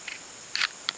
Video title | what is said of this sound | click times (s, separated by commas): Taurus GX4 XL. When You Gun Goes Bang In The Wrong Way!! | yeah but we're not even able to get the firearm back far enough to get it locked into place | none